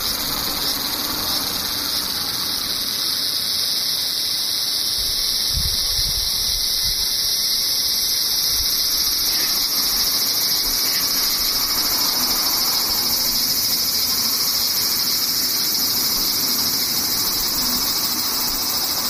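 Cicadas drone in a steady, dense, high shrill that never lets up, with a brief low rumble thudding around five to eight seconds.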